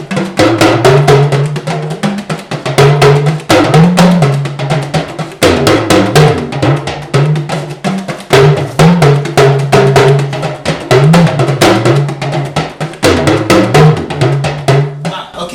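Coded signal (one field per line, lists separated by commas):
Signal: talking drum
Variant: Yoruba dùndún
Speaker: So now, during that, you said more than the will. You put some small stuff inside. What did you say inside that? Àwọn báyẹ̀wò, àwọn àyànfẹ́ mi, àwọn lọ́lọ́ fún ẹnìkan tọrọ Ọlọ́run ò fún àwọn lọ́lọ́ fún ọmọ báyẹ̀wò. That I mention your name and I mention my name.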